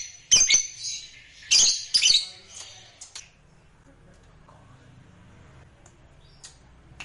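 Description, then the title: Lovebird chatter, shrill squeaky bursts for about three seconds, then near silence with a low hum. Lovebird sound meant to be played once to stimulate lovebirds. "HANYA Sekali PUTAR. Suara Lovebird Ini"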